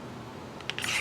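A Smith & Wesson SW7 full-tang tanto fixed-blade knife with a PPE handle is pushed into its molded plastic sheath, which it fits only one way before snapping into a retention lock. A low rubbing scrape runs through the clip, with sharp ticks at about 0.6, 0.7, 0.8 and 0.8 s and brighter scraping building toward the end. Nothing has seated or clicked yet.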